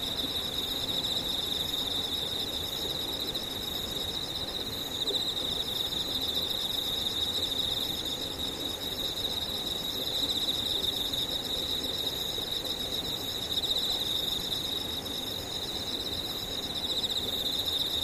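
Insects sing in a steady, unbroken chorus, a bright shrill trill layered with fainter high buzzing and a soft low murmur beneath.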